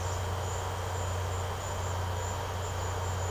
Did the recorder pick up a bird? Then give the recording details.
no. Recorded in secondary vegetation near Puerto Asís, Putumayo, Colombia, on 13 March 2025 at 17:30. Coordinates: 0.468, -76.324. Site G059